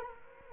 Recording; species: mosquito wingbeat signal from an infrared sensor; Culex quinquefasciatus